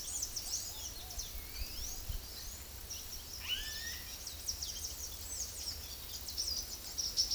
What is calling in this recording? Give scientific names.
Thraupis palmarum, Crotophaga ani